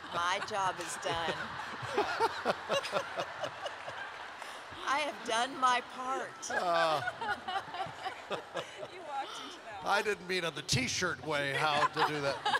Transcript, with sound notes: My job is done. I have done my part. (laughter)
You walked into that one. (laughter)
I didn’t mean on the tee-shirt way how to do that.